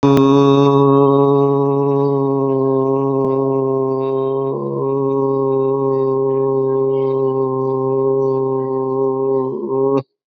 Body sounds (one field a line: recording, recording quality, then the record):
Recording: sustained vowel as in boot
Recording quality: excellent, no background noise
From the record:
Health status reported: COVID-19 positive, mild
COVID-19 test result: positive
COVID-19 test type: RT-PCR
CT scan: not taken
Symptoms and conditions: cough, fever, muscle pain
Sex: male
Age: 50 years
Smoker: no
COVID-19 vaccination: both doses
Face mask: not worn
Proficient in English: no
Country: India